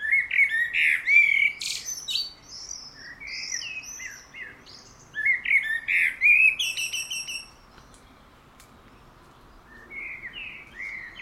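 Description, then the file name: Common blackbird song: fluting low phrases alternating with sharp, very high twittered flourishes, two main bursts, then a faint warble near the end. "Turdus merula"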